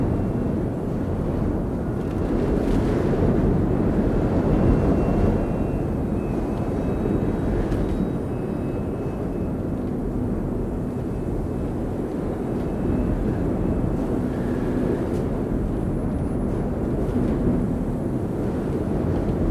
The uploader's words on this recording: The sound of one of Thelddin's overlapping storms from inside a nearly closed off cave entrance.